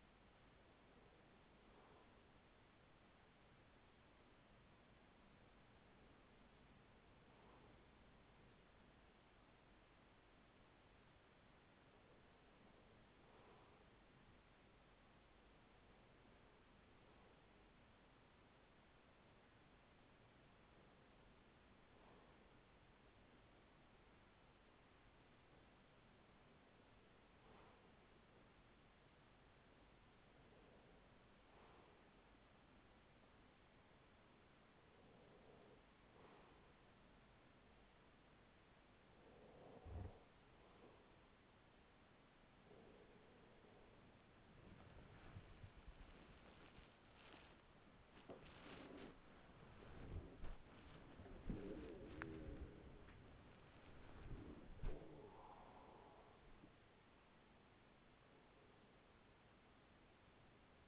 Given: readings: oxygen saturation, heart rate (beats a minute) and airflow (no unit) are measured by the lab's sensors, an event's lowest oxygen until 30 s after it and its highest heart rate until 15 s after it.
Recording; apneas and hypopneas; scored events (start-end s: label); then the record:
breathing in sleep by a voice recorder at the bedside; none
41.00-60.88 s: new sleep stage, awake
42.00-60.88 s: awake
From the record:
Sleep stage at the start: REM sleep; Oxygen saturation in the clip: 95 to 96%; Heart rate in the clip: 38 to 79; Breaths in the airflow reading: 12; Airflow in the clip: -5.7 to 7.4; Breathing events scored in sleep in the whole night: 207 in 7.6 hours asleep